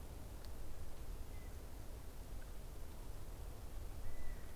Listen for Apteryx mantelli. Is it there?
no